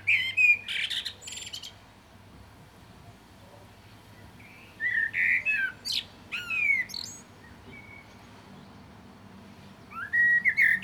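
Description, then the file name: Common blackbird singing several separate phrases of mellow whistled warbles mixed with squeaky high twitters, with pauses between them. "Turdus merula"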